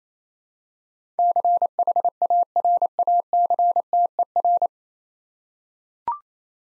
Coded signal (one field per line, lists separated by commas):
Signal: Morse code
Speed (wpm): 27 wpm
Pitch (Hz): 700 Hz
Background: none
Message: CHARACTER